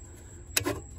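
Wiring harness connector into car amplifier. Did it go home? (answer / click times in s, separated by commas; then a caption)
yes / 0.6 s. A plastic wiring harness connector with a side release clip is pushed into the amplifier socket in a Chrysler 300. A single sharp click is heard at 0.6 s, followed by a brief softer rattle, and the connector seats into the amplifier.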